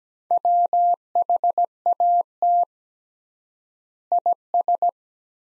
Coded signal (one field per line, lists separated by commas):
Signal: Morse code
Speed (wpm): 17 wpm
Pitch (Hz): 700 Hz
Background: none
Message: WHAT IS